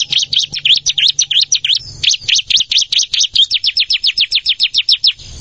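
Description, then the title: Plain Prinia delivering a rapid series of sharp high notes that settle into a steady rattle, with a low hum in the first half. "Ciblek Sawah"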